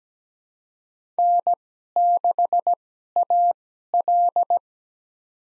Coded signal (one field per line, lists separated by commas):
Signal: Morse code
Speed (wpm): 17 wpm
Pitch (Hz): 700 Hz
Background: none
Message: N6AL